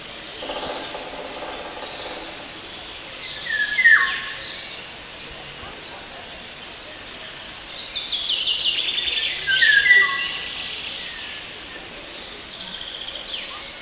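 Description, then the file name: Eurasian golden oriole song: two short fluty whistled phrases sliding downward, about six seconds apart, over steady hissing background noise. "Sárgarigó"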